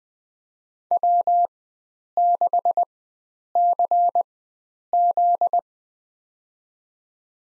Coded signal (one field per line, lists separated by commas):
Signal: Morse code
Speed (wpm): 20 wpm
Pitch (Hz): 700 Hz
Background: none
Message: W6CZ